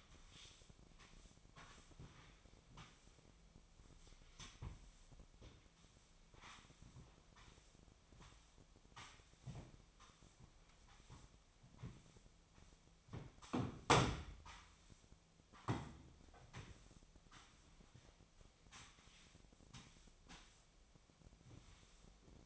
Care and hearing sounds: daily activity, microphone in the room; sweep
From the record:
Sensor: 1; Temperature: 25.6 degrees Celsius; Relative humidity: 38.0%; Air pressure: 1007.0 hPa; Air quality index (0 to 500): 205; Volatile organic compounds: 23 ppm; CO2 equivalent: 2771 ppm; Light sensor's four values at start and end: 12/32/12/14 and 13/33/13/14

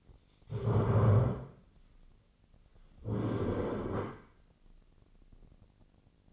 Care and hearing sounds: daily activity, microphone in the room; stand up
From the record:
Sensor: 4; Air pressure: 1010.0 hPa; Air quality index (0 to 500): 196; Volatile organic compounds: 3 ppm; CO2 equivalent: 1406 ppm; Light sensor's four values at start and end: 41/100/42/45 and 40/99/41/45

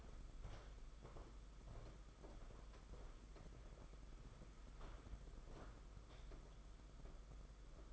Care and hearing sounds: daily activity, microphone in the room; walk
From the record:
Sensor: 5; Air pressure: 991.8 hPa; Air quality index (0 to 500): 151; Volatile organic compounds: 194 ppm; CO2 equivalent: 4193 ppm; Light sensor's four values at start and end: 32/107/40/42 and 32/108/40/43

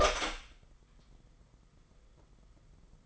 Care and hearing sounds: daily activity, microphone in the room; open door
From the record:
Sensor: 5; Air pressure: 990.7 hPa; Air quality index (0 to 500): 154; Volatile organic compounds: 191 ppm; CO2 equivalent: 4181 ppm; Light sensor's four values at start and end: 26/61/25/28 and 26/63/26/28

